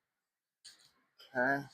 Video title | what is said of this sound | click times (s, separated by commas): Aventon Soltera E-Bike Build | we'll hear them snap. | 0.7 s